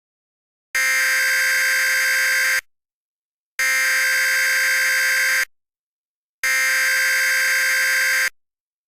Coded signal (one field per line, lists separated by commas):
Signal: Emergency Alert System (SAME) tones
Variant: header bursts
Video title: Mock EAS: Multi-Part Disaster Hybrid